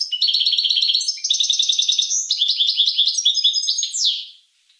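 Finch song: a long, unbroken stream of rapid high chirps and trilled notes, closing with a downward slur.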